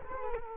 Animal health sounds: mosquito wingbeat signal from an infrared sensor; Culex quinquefasciatus

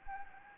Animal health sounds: mosquito wingbeat signal from an infrared sensor; Anopheles gambiae

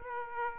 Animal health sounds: mosquito wingbeat signal from an infrared sensor; Aedes aegypti

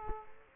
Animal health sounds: mosquito wingbeat signal from an infrared sensor; Culex quinquefasciatus

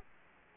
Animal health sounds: mosquito wingbeat signal from an infrared sensor; Culex quinquefasciatus

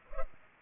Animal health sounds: mosquito wingbeat signal from an infrared sensor; Culex pipiens

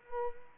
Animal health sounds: mosquito wingbeat signal from an infrared sensor; Culex pipiens

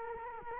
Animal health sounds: mosquito wingbeat signal from an infrared sensor; Culex quinquefasciatus

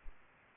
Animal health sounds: mosquito wingbeat signal from an infrared sensor; Aedes aegypti

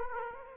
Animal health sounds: mosquito wingbeat signal from an infrared sensor; Aedes aegypti

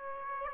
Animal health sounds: mosquito wingbeat signal from an infrared sensor; Aedes aegypti

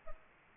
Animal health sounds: mosquito wingbeat signal from an infrared sensor; Aedes albopictus

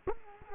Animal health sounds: mosquito wingbeat signal from an infrared sensor; Culex quinquefasciatus

